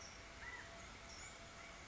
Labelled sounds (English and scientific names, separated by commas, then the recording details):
California Quail (Callipepla californica)
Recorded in Sonoma County, California